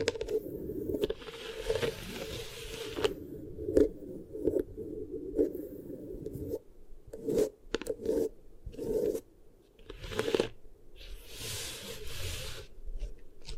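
Beeswax is pressed and rubbed in a stream of soft scraping and crunching sounds. Short bursts come every second or so at an uneven pace, with a thick, muffled low crackle under brief bright, hissy swipes. A few quieter gaps break it up, especially near the middle.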